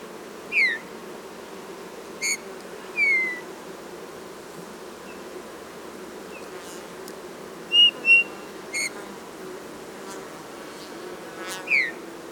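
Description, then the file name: Eurasian bullfinch giving scattered soft piping whistles, a few falling in pitch and a close pair of level notes, among occasional sharp clicks. "Pyrrhula pyrrhula"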